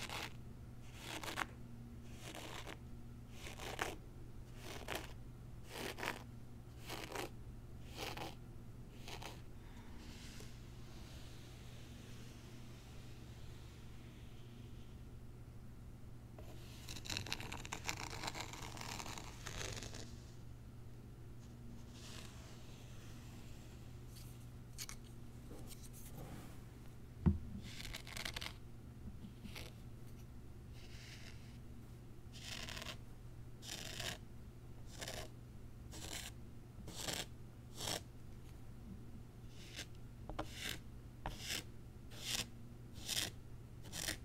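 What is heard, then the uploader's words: Unboxing a small zen garden, with short crisp scraping or snipping strokes repeating at a steady, fairly quick pace. Around the middle comes a denser burst of rustling, and a single thump near 27 seconds, all over a constant low hum. ASMR Icnbuys Zen Garden Unboxing No Talking.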